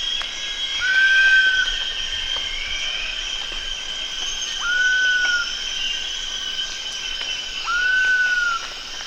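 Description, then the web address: Giant pitta giving three long, clear whistles that rise briefly and then hold steady, spaced a few seconds apart, over a steady high background drone. Recorded at Danum on 1 August 2009. "DANUM 20090801. sound giant pitta"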